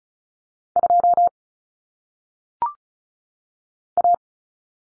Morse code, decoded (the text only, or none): 2 A